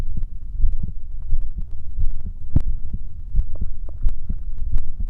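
Soft, muffled low thumps repeat at roughly 87 a minute, with some unevenness in spacing, over a steady low hum. These are heartbeat sounds picked up close to the chest, ASMR-style.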